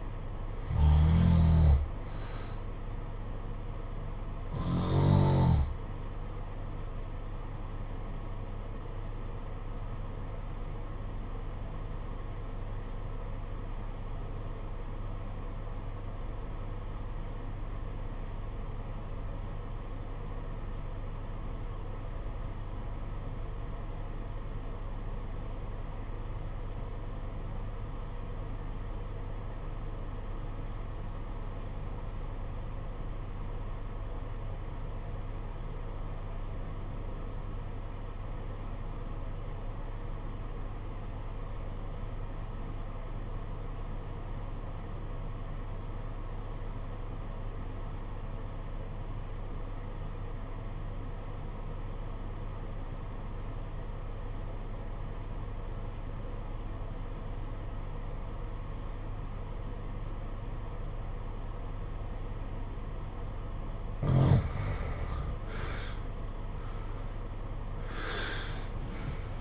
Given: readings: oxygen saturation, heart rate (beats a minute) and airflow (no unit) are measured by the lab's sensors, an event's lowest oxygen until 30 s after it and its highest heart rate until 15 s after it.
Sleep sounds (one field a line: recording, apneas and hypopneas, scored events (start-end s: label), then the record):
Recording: breathing in sleep by a smartphone at the bedside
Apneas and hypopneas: 1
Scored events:
7.00-65.20 s: obstructive apnea (REM, oxygen 96% highest, then 70% lowest, heart rate 53 at the start, 89 highest)
From the record:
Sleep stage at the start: REM sleep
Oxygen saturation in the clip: 74 to 96%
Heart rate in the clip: 51 to 74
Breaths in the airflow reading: 4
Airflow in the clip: -7.3 to 10.7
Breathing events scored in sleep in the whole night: 476 in 9.7 hours asleep